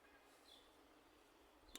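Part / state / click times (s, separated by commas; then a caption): bicycle handlebar component into its slot on the handlebar / seated / 1.8 s. A component is pressed into its dedicated slot on a new handlebar being fitted to a bicycle. Low, steady background noise runs through the clip until a single sharp hit at 1.8 s as the part seats exactly in place.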